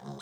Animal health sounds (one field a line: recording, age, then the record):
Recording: pig call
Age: piglet (1 to 25 days)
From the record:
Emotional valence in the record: negative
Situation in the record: short isolation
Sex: male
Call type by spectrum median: low-frequency call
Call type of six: mixed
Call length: 0.22 s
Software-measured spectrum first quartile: 212 Hz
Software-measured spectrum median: 515 Hz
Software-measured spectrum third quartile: 1516 Hz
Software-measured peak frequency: 206 Hz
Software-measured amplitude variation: 81 dB a second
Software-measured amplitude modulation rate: 8.9 a second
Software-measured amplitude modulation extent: 9.1 dB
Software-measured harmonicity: 0.5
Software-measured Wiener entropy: -1.09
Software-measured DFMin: 976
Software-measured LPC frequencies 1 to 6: 690, 1524, 3293, 3958, 5198, 6121 Hz